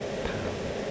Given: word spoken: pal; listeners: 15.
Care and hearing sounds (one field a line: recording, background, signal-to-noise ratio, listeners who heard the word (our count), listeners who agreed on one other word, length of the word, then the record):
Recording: one English word in noise, from a listening test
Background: speech-shaped noise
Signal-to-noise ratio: -5.6 dB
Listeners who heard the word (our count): 0 of 15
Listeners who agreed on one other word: 10 of 15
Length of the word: 0.51 s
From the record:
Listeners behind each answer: 10, 3, 1, 1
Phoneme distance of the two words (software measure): 27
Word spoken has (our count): 1 syllable, 3 phonemes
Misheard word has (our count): 1 syllable, 4 phonemes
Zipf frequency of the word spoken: 4.05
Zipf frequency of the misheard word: 4.51